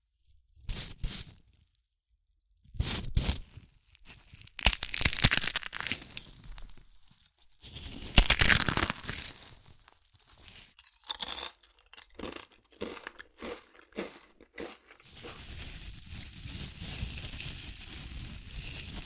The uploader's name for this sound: Satisfying Chips Crunchy Crushing & Eating Sounds